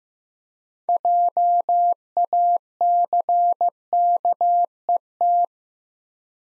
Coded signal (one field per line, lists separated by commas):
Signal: Morse code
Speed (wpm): 15 wpm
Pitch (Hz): 700 Hz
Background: none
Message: JACKET